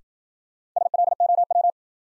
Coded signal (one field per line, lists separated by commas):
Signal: Morse code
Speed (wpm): 54 wpm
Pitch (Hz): 700 Hz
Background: none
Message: SLOW